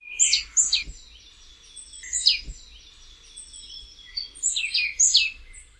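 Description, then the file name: Marsh tit calling with sharp, high, clipped notes in short bursts, some quickly repeated and dropping in pitch, with a thin steady high whine running behind. "Poecile palustris"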